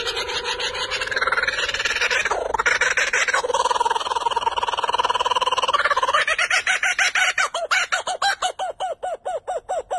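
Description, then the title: Bird calling with long, harmonic, wavering notes over the first several seconds, then a run of short, regular pulses that gradually spread apart. "birds sing"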